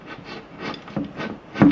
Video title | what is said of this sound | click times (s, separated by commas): Build A Pantry Cabinet From Amazon With Me - Part 2 | it pops to the top now it's in | 1.6 s